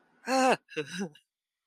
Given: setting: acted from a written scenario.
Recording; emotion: vocal sound without words; positive surprise